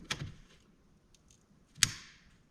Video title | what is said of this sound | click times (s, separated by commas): GMC 2500 HD Battery Replacement | hear that click very positive | 1.8 s